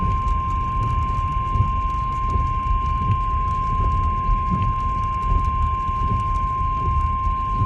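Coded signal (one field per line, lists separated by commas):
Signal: Emergency Alert System (SAME) tones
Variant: 1050 Hz attention tone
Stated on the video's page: Weather radio SAME alert for a severe thunderstorm watch from NOAA transmitter serving Columbus, Ohio.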